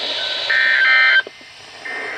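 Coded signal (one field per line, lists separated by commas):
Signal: Emergency Alert System (SAME) tones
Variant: end-of-message bursts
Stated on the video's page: NOAA weather radio alerts for storms captured on 162.400, 162.425, 162.525 and 162.550 MHz in Georgia.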